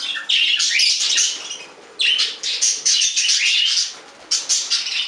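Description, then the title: Budgerigar warble, dense scratchy chattering in long loud stretches broken by two short pauses. "Budgie Sounds"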